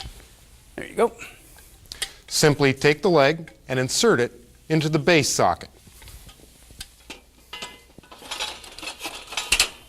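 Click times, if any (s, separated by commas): 9.5 s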